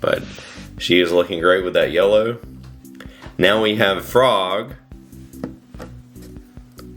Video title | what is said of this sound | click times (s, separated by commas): How to Make Chrono Trigger Perler Bead Art! (Part 1) | He fits in just perfectly. I love the satisfying click when you get your Perler bead character in the stand. | 5.4 s